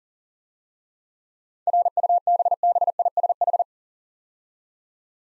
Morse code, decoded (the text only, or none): RUBBISH